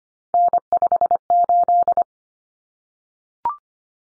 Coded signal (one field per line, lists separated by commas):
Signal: Morse code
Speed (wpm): 25 wpm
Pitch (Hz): 700 Hz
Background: none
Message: N58